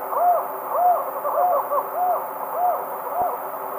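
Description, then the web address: Tropical screech owl duet: a steady series of soft arched hoots about every 0.6 seconds, over a constant low hum. Duet; eastern lowlands of South America. "Natures Songs S America Eastern Lowlands Megascops choliba, duet"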